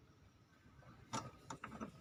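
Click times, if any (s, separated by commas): none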